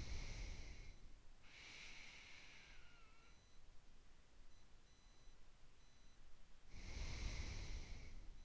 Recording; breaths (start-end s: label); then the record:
nose breathing near a microphone
0.00-1.41 s: exhalation
1.41-3.59 s: inhalation
6.82-8.45 s: exhalation
From the record:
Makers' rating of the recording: medium